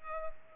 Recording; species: mosquito wingbeat signal from an infrared sensor; Culex pipiens